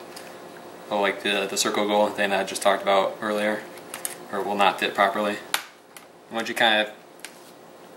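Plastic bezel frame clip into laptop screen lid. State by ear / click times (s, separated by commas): seated / 7.2 s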